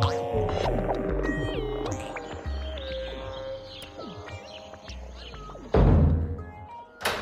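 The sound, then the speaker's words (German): A door is locked with a heavy, dull clunk followed by a shorter thud, set against sustained tonal music and a low humming drone. “Warum sperrst du denn die Tür ab, Thorsten?”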